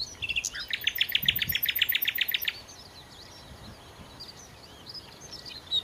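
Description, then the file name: Common nightingale singing a loud run of quick repeated chopping notes for about two seconds, then falling silent while birds chirp softly. "Nachtigall"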